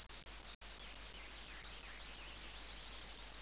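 Bird calling with a rapid, steady series of high, thin chirps.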